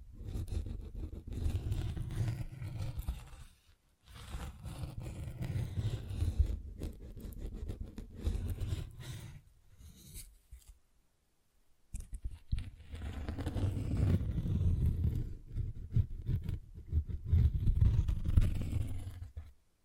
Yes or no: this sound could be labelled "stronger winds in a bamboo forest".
no